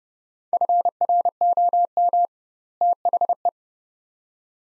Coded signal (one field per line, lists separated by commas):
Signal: Morse code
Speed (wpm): 29 wpm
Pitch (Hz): 700 Hz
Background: none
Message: FROM THE